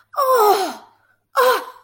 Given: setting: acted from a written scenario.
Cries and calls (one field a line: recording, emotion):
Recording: vocal sound without words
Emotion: elation